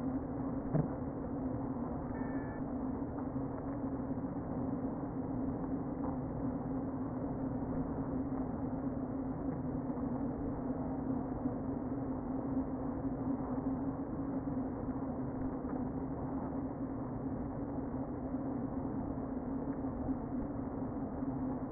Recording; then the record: honeybee colony, microphone inside the hive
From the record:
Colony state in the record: queen present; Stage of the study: before two queens were removed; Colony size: about 60,000 bees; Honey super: yes